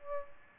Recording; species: mosquito wingbeat signal from an infrared sensor; Aedes aegypti